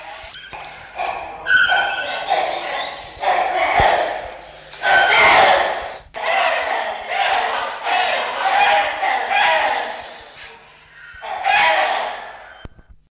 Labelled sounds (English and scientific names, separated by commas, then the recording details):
Rufous Hornbill (Buceros hydrocorax) call, Great Hornbill (Buceros bicornis)
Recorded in captivity
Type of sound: call
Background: Buceros bicornis
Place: Zoo Berlin, Berlin, DE
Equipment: Halbspur, 9,5 cm/s
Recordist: Lütgens, Hans
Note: Rufe